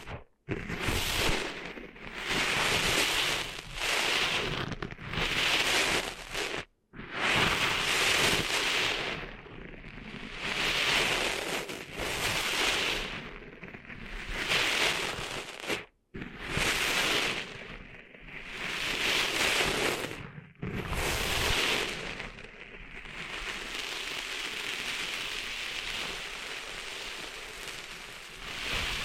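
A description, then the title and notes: Sand is being cleaned out of an ear, very close up: dense, gritty crackling and rubbing that swells and fades in strokes every second or two. Brief silent breaks come near 7, 16 and 20 seconds, and the last stretch settles into a steadier hiss. ASMR Cleaning Sand Out of Your Ears (No Talking).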